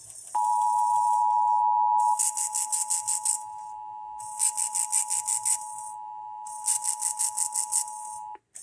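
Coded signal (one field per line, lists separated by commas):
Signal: Emergency Alert System (SAME) tones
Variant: 853 and 960 Hz attention tone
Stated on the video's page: EAS test tones from April 2023.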